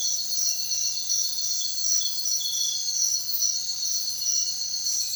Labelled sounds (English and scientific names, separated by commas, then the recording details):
none
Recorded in secondary vegetation near Puerto Asís, Putumayo, Colombia, on 29 June 2025 at 04:30
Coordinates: 0.499, -76.323
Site G077